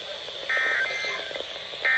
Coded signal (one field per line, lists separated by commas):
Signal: Emergency Alert System (SAME) tones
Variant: end-of-message bursts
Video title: Required Weekly Test (With new 991!) | EAS #616